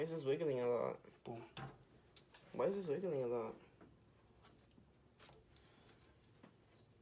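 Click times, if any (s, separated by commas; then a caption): none. During a first-time PC build, a wobbly expansion card or module is handled and pushed at its motherboard slot while someone talks, with faint handling ticks around 2.2 s and 2.4 s. The part has not seated or clicked into the slot yet.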